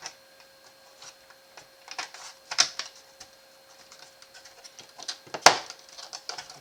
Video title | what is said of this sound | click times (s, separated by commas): How to build Origin - the 5 to 25 port HDMI switch w/ touchscreen & IR remote control | it drops down into the groove should hear it kind of click into place there and then hold it nice and tight flip | 5.5 s